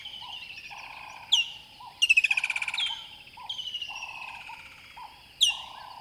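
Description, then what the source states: Bird calls: high descending whistled notes and a rapid buzzy trill, over repeated low hooting tones. River bed at dawn.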